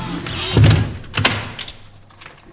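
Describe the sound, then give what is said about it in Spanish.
A door swings shut with a low, heavy thud, followed moments later by a sharp metallic click of the latch catching, then a few faint rattles fading into quiet. “¡Ciérrame la puerta, por favor!”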